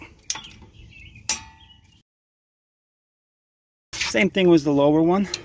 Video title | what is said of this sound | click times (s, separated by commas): How to change brakes and rotors on 2015 Toyota Venza | the bolt you can hear click same | 0.3 s, 1.3 s